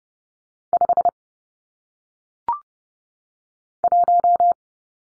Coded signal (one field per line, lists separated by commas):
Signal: Morse code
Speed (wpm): 30 wpm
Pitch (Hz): 700 Hz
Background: none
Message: 5 1